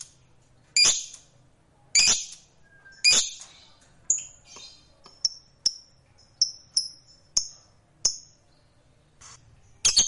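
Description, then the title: Lovebird sounds: three harsh squawks about a second apart, followed by a run of short high chirps and clicks, and a final squawk. Fighter-type lovebird; the recording features its long ngekek trill. "Begitu Dengar Suara Lovebird FIGHTER NGEKEK PANJANG"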